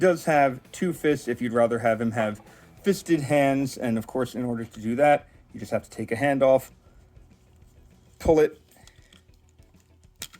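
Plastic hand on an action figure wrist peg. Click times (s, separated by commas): 10.2 s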